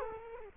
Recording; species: mosquito wingbeat signal from an infrared sensor; Culex quinquefasciatus